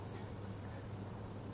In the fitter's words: Then at this time, as long as you move your finger slightly , it will snap into place.